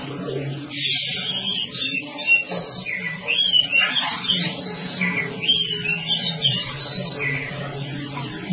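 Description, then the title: Oriental magpie-robin song of sweeping, slurred high whistles, accompanied by a continuous low background drone. Long-duration song style (durasi panjang). "Kacer Durasi Panjang"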